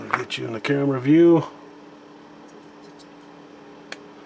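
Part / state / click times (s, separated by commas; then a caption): plastic model kit part into tank body / seated / 3.9 s. A plastic model kit part is pushed into a tank body. Someone talks briefly, then after a quiet pause a single sharp click at 3.9 seconds marks the part snapping into place, seated.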